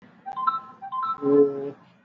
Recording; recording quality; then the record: sustained vowel as in boot; moderate, slight background noise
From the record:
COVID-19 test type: RT-PCR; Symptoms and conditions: cough, cold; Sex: male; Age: 26 years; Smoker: yes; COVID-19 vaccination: both doses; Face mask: worn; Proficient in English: yes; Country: India